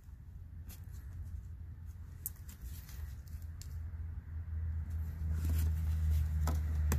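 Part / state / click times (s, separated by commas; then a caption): battery sensor wiring plug into the sensor on the negative battery cable / seated / 2.3 s. The electrical plug of the battery sensor wiring is pushed onto the plastic connector of the sensor on a new negative battery cable assembly for a Hyundai, replaced because of a flashing battery light and a battery not charging. A sharp click at 2.3 s confirms the plug is seated, over a steady low hum that grows louder toward the end. A few fainter ticks follow near 6.5 s and 6.9 s.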